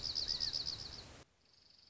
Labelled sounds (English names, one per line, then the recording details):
Dark-eyed Junco
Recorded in Sonoma County, California